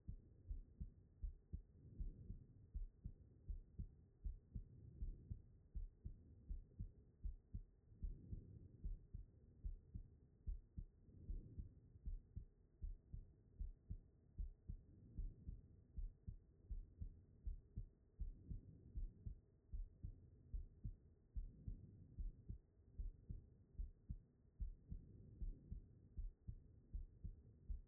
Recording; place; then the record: heart sounds by stethoscope; pulmonary valve (PV)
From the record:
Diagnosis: non-HFrEF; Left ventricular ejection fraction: 67%